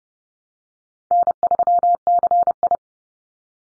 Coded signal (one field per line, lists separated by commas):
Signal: Morse code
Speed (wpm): 30 wpm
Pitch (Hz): 700 Hz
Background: none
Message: N3CI